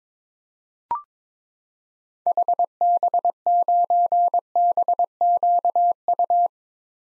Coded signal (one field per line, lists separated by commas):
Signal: Morse code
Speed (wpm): 22 wpm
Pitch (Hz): 700 Hz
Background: none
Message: HB9BQU